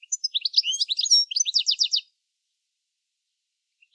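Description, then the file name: European goldfinch giving a rapid, liquid twitter of high chirps for about two seconds, then a long silence broken by two brief notes at the end. "Carduelis carduelis"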